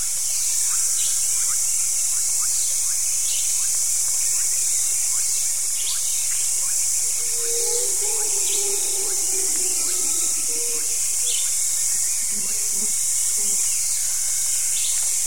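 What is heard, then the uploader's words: Morning insects keep up a steady, bright hiss throughout, with a dense high shimmer on top. Short bird chirps and calls scatter across the whole stretch, and a lower warbling call rises briefly around eight seconds and again near twelve to thirteen seconds. The morning insects give way to the morning dawn chorus of birds.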